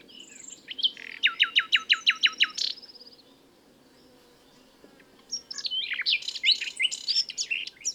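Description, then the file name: Common nightingale song: a thin whistle, then a rapid series of loud repeated downslurred notes, a pause of silence, and a second burst of varied chirps and trills. "Luscinia megarhynchos"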